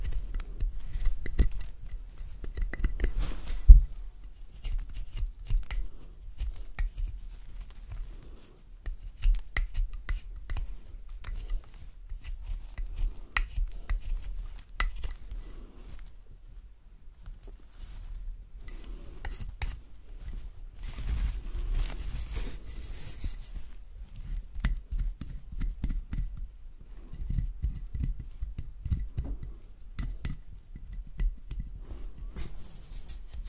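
Soap being carved: irregular crisp scraping and cutting strokes with sharp clicks, a low steady rumble beneath, busier stretches around 20 to 23 seconds.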